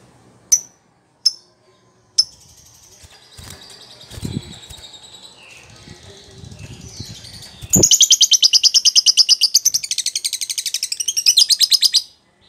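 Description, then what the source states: Lovebird giving a few sharp chirps, then a long, fast, buzzy high trill. Recording used as a lure (pancingan) to prompt a lovebird to respond and sing vigorously (gacor).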